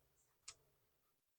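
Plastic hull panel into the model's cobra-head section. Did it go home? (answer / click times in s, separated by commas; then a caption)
yes / 0.5 s. A plastic hull panel is pushed onto the cobra-head section of an Enterprise D starship model. A single sharp, bright click at 0.5 s marks the panel clipping into place, and it is seated.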